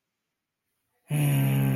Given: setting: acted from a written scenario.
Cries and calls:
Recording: vocal sound without words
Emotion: anger

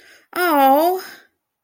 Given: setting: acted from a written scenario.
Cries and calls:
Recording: vocal sound without words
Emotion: disappointment

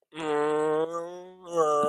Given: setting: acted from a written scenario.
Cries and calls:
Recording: vocal sound without words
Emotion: embarrassment

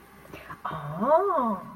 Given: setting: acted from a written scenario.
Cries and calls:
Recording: vocal sound without words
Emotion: realization

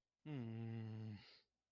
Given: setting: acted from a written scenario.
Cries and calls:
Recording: vocal sound without words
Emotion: shame

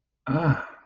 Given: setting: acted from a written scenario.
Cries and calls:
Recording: vocal sound without words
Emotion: contentment

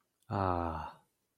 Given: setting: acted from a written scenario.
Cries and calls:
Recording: vocal sound without words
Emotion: contentment

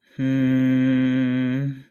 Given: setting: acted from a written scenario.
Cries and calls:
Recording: vocal sound without words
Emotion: desire

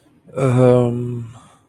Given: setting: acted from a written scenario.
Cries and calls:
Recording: vocal sound without words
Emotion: embarrassment

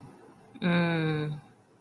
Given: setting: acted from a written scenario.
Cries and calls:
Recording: vocal sound without words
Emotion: desire

